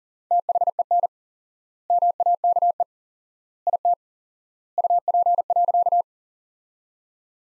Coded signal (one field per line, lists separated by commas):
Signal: Morse code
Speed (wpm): 40 wpm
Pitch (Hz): 700 Hz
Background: none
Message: THEN MAKE IT UP.